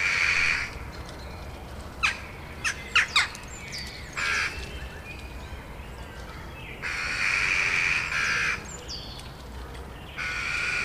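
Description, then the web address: Eurasian jackdaw giving harsh calls: a grating burst, a few short clipped clicks, then longer grating bursts. "agykontroll Madardalok Cd 2. Csóka"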